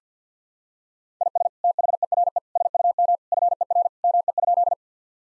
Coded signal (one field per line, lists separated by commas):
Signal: Morse code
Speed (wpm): 50 wpm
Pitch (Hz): 700 Hz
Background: none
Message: IS THERE SUM FER ME?